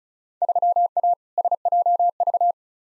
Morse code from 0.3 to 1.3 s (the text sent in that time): 3A